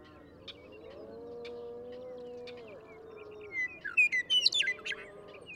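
Western meadowlark song: low drawn-out droning at first, then a short, rich, warbled phrase of whistled notes breaks in.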